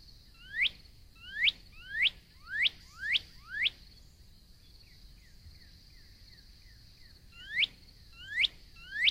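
Northern cardinal singing a series of steep upward-sweeping whistles, pausing while softer quick slurred notes run faintly, then resuming the sweeps; steady high hum throughout.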